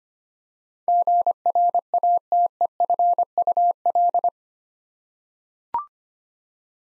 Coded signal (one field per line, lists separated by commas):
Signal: Morse code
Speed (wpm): 25 wpm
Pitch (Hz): 700 Hz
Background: none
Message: GRATEFUL